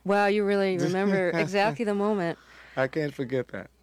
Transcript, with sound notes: Wow, you really remember...
(Laughter).
...Exactly the moment.
I can't forget that.